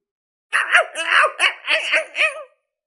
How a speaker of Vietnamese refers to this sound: Ngay sau đó đại hắc cẩu như bị động kinh, gào điên cuồng không thôi, dùng sức phun ra phía ngoài.